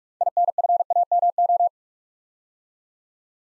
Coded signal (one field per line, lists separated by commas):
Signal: Morse code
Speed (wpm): 44 wpm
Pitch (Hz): 700 Hz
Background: none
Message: INFAMO